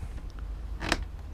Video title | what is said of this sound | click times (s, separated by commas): Cargo Trailer Conversion...Electrical Wiring....12 Volt Plugs...AC/DC Power Panel...RVerTV | locks in place that little button there so we're good to go | 0.9 s